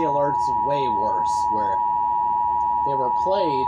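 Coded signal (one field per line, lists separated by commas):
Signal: Emergency Alert System (SAME) tones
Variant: 853 and 960 Hz attention tone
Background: speech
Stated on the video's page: EAS tones from a fictional EAS scenario.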